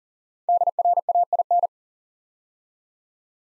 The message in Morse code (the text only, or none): DRAIN